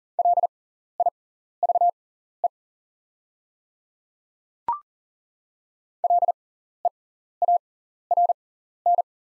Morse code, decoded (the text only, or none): LIVE LEARN